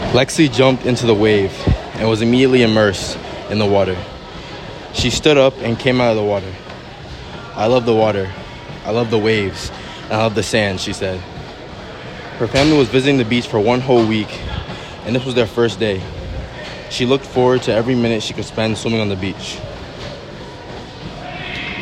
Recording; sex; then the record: reading aloud after running; male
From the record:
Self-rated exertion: vigorous exertion (4 of 6); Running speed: 10 miles an hour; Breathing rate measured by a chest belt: 19 breaths a minute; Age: 20 years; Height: 188 cm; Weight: 84 kg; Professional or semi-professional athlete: no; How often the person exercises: over 5 times a week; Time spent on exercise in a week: over 5 hours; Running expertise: yes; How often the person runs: 3 to 5 times a week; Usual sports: soccer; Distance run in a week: 17 km